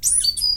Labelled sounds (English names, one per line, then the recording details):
Stitchbird song
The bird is a male
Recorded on Tiritiri Matangi Island, New Zealand, in 2005
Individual 22, of nest box 31